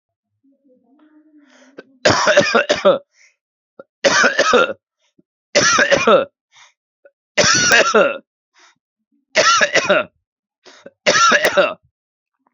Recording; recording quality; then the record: heavy voluntary cough; excellent, no background noise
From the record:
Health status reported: respiratory illness, not identified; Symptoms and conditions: cough, breathing difficulty, sore throat, diabetes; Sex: male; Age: 30 years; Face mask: not worn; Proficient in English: no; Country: India